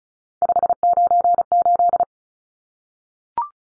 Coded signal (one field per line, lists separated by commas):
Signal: Morse code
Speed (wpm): 34 wpm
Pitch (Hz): 700 Hz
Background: none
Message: 598